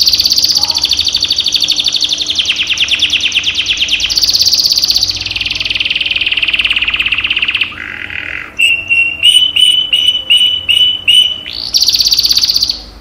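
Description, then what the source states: Canary singing extended fast trills at changing pitches, a short lower buzz, a run of repeated clear notes, and a final high trill. Cage canary; training recording used as therapy to raise the bird's singing volume.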